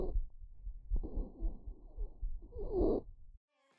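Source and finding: Patient airway sounds. Stridor.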